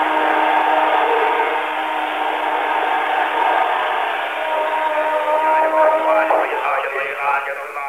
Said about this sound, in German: Europäer ist es schwer, den geistlichen Gehalt dieser lärmenden Liturgie im letzten buddhistischen Kloster der Mongolei nachzuvollziehen. Auf einer Anhöhe im Zentrum der mongolischen Hauptstadt Ulaanbaatar ist das einzige Kloster erhalten geblieben